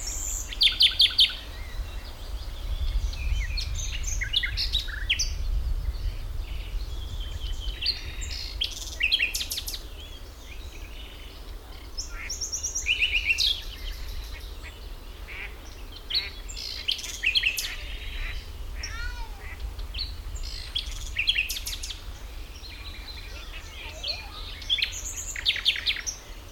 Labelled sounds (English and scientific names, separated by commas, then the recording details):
Common Nightingale (Luscinia megarhynchos)
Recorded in the wild
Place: Karower Teiche, Naturpark Barnim, Berlin, DE
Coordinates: 52.62, 13.46
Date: 1996-05-19 13:30
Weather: heiter, 24°C
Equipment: Sony MD-WM MZ-R3, Sennheiser MKH 416 T, Kopie Uher 4000 Report Monitor
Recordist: Tembrock, Günter
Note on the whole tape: Gesang, zwei Exemplare